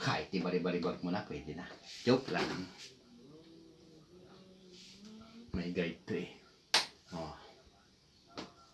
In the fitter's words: May click yan. Oh, click.